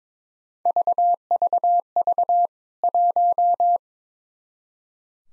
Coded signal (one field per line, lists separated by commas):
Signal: Morse code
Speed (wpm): 22 wpm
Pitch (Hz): 700 Hz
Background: none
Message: VVV 1